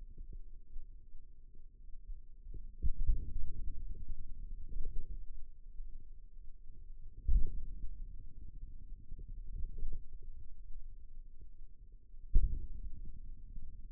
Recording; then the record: forearm muscle sounds (acoustic myography)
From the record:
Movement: outward rotation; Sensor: system 2, bracelet of six BSWA MPA416 microphones around the upper forearm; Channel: 3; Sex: male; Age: 22 years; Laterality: right